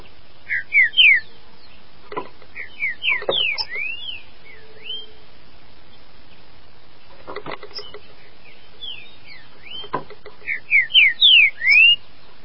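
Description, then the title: Green-winged saltator song: short bursts of clear rising and falling whistled notes, some in the first few seconds and a louder one at the end, with sharp clicks between. "Trinca Ferro"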